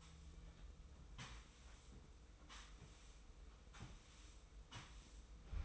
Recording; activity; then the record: daily activity, microphone in the room; sweep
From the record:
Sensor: 1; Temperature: 25.3 degrees Celsius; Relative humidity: 44.0%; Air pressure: 990.5 hPa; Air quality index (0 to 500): 177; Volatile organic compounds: 1000 ppm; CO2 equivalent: 6527 ppm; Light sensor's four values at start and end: 27/63/27/29 and 27/61/26/29